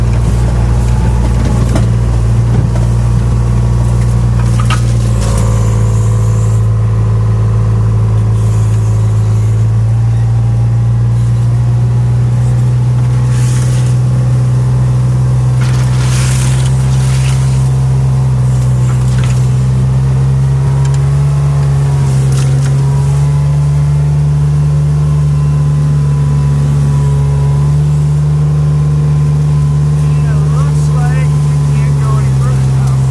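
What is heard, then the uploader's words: A vehicle drives along with a steady low engine drone whose pitch climbs slowly over the half minute, with a shift around five seconds. Bumps, rattles and creaks come through at intervals, and a brief voice may be heard early on. Going off-road and then on an old road at the Land of Clear Abiding.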